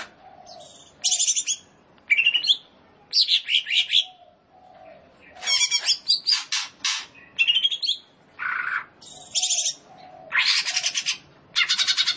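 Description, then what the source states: Leafbird song: rapid bursts of bright, chattering and buzzy phrases, high-pitched and varied, separated by short pauses. Indonesian name cucak ijo; described as gacor, singing vigorously.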